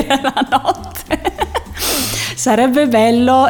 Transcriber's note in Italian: risata